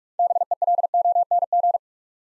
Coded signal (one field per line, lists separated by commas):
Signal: Morse code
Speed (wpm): 44 wpm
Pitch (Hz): 700 Hz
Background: none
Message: BELONG